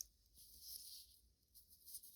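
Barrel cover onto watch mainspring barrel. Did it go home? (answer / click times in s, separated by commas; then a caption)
no / none. A watch mainspring barrel cover is set onto its barrel and lined up, to be pressed home only afterwards. A steady high-pitched hiss runs under faint, soft handling rustles. Nothing has seated or clicked yet.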